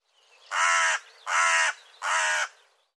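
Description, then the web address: Bird giving harsh, rasping caws: three loud, even notes of about half a second each, with short quieter gaps between. Call labelled "Co Co Co Co". "cianscape birddata Deverinetal"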